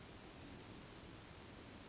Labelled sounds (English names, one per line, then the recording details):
California Towhee
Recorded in Sonoma County, California